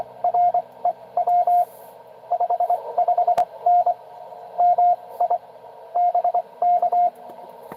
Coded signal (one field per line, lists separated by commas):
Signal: Morse code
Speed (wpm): 22 wpm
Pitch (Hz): 700 Hz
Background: radio noise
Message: R EW 55N MI BK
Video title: N2AKJ is live! doing pota at us-2114 #pota #cw #n2akj